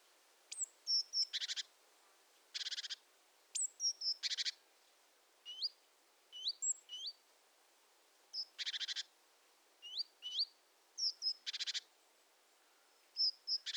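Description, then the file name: Great tit calls: high thin whistled notes mixed with harsh buzzy churrs of rapid pulses, repeated irregularly throughout with short gaps. "Parus major"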